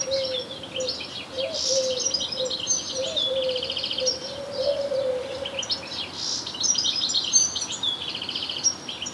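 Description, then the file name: European goldfinch giving a continuous chatter of bright, jingling and buzzy notes, with a wavering low tone underneath for the first several seconds. "Carduelis carduelis"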